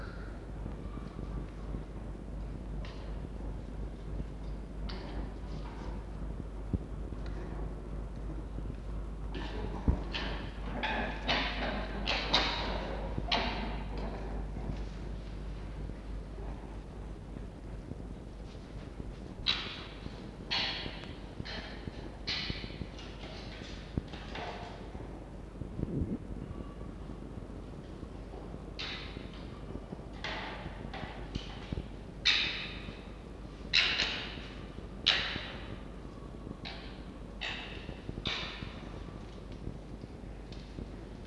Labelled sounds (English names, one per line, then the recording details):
Red Fox
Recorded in captivity
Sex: group
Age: diverse
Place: Zoologisches Institut der HUB, Berlin, DE
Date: 1952-06-16 17:50
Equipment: Elmetra
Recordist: Tembrock, Günter